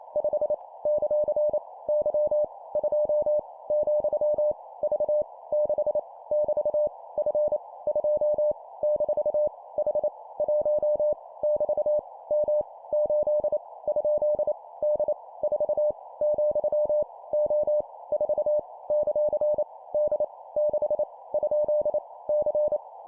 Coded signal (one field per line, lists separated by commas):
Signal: Morse code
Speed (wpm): 28 wpm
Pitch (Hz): 600 Hz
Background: none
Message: 5 ; Y 2 , V 6 <BT> F 2 - H 1 <BT> M 8 ? D 4 , O 4 ; D 6 ? C